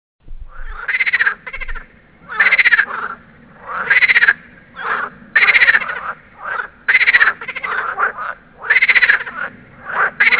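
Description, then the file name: Marsh frogs in chorus, loud rattling, laughing croaks in bursts of about a second, repeated every second or two with overlapping callers. "meer groene kikker roepkoor"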